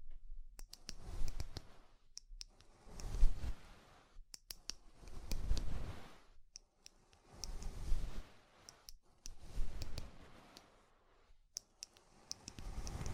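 Ear cleaning sounds: bursts of rustling scrapes swell and fade in waves, scattered with sharp clicks, separated by brief near-silent pauses.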